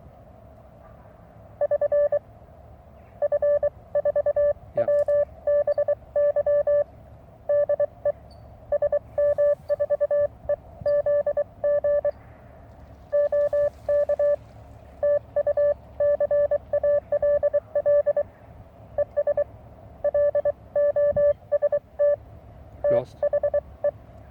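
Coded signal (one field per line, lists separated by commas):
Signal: Morse code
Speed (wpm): 23 wpm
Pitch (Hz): 580 Hz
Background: none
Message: <SN> F4WBY DE SM4EZG OK TU CALL ES LOST THE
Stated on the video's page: Received on a short vertical antenna: a 19 ft wire on a 6 m fishing pole with a 9:1 unun.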